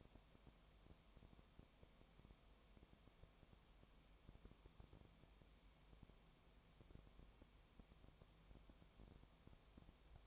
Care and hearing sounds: daily activity, microphone in the room; no activity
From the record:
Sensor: 1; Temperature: 19.4 degrees Celsius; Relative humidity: 35.7%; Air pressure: 1003.3 hPa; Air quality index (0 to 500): 113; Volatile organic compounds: 2 ppm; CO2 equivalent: 1260 ppm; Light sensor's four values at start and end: 1/2/1/1 and 1/2/1/1

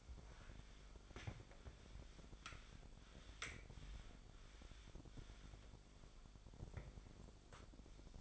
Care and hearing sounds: daily activity, microphone in the room; wipe stove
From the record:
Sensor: 5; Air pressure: 1007.1 hPa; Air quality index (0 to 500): 174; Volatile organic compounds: 4 ppm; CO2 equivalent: 1660 ppm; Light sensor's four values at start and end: 52/146/58/58 and 53/145/57/57

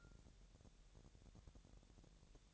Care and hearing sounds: daily activity, microphone in the room; take from stove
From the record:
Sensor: 3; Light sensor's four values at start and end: 111/263/109/99 and 111/263/109/99

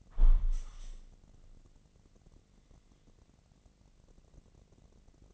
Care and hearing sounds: daily activity, microphone in the room; close window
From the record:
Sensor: 4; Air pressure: 1013.2 hPa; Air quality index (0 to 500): 174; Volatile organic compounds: 2 ppm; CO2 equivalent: 1091 ppm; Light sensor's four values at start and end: 71/177/74/76 and 68/171/71/73

